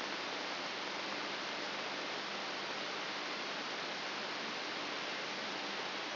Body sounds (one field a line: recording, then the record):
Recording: brain microelectrode recording played as sound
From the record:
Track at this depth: inside the subthalamic nucleus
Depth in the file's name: 1.705 mm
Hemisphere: left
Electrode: 3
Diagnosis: Parkinson's disease